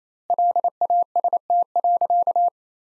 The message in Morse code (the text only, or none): LAST.